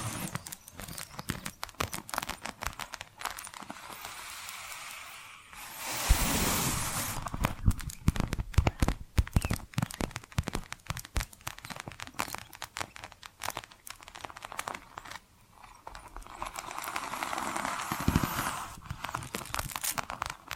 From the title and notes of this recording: ASMR 10 Hypnotic Tapping & Scratching Sounds for DEEP SLEEP (No Talking).